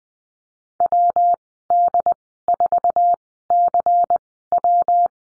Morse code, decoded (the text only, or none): WD4CW